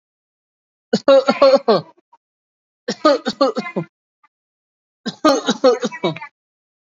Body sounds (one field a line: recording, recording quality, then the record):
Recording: heavy voluntary cough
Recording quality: poor, much background noise or distortion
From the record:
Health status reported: COVID-19 positive, no symptoms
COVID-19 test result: positive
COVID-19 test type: RT-PCR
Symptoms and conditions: muscle pain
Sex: male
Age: 28 years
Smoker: no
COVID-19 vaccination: both doses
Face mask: not worn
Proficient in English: no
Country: India